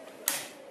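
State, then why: Released. A blue plastic pry tool works at the bottom of a BlackBerry Torch 9800 smartphone to pop open a plastic housing clip on its rear/slider assembly. A single sharp snap at 0.3 s is followed by a short fading ring, then quiet. The clip pops free and the housing is released.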